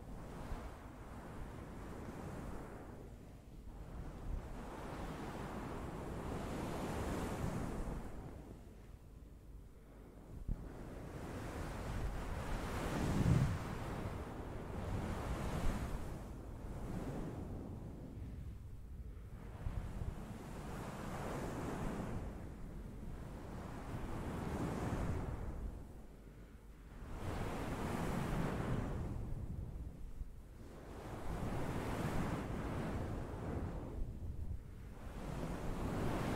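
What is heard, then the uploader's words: Ocean waves roll in and wash out in steady cycles every five to seven seconds, a full rushing surf with some wind underneath. ASMR NO TALKING Pure Ocean Wave Towel Sounds - realistic, relaxing Blue Yeti Mic.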